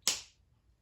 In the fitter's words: that snap. That will tell you you have put the cover on just right,